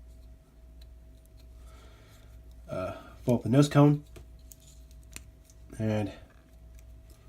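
Someone talks while handling a plastic Minipla Jackpot Striker (Lupinranger vs. Patranger) toy model kit, pulling pieces such as the nose cone outward toward their locked position, with faint light taps and clicks of plastic handling in between. Nothing has seated or clicked into place yet.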